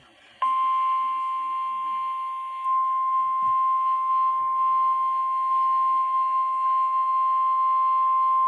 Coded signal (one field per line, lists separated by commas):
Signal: Emergency Alert System (SAME) tones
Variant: 1050 Hz attention tone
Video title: Severe Thunderstorm Warning (EAS #209)